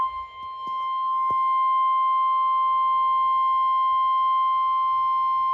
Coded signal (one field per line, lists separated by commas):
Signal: Emergency Alert System (SAME) tones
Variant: 1050 Hz attention tone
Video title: Flash Flood Warning (EAS #111)